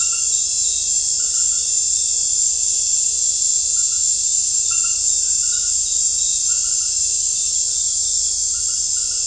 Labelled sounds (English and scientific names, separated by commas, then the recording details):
none
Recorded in secondary vegetation near Puerto Asís, Putumayo, Colombia, on 21 December 2024 at 19:00
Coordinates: 0.498, -76.327
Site GP07